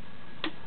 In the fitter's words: snap the 3 locks into place.